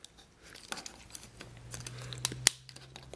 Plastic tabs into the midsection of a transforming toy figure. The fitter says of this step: we go locked into place there next